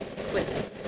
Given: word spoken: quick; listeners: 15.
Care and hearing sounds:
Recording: one English word in noise, from a listening test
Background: noise modulated by three-talker babble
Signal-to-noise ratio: -4.5 dB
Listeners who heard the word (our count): 4 of 15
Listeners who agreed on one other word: 6 of 15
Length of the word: 0.48 s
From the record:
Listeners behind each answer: 6, 4, 1, 1, 1, 1, 1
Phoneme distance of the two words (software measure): 17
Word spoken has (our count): 1 syllable, 4 phonemes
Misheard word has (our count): 1 syllable, 3 phonemes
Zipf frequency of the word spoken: 5.13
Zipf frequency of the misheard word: 4.08

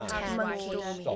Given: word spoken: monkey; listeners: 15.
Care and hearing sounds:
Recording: one English word in noise, from a listening test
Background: four-talker babble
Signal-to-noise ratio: -1.1 dB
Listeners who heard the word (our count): 0 of 15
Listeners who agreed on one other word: 7 of 15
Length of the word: 0.76 s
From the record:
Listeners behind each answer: 7, 1, 1, 1, 1, 1, 1, 1, 1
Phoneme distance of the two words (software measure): 44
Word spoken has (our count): 2 syllables, 5 phonemes, stress on syllable 1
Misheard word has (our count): 1 syllable, 3 phonemes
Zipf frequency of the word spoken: 4.38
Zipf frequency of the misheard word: 5.39

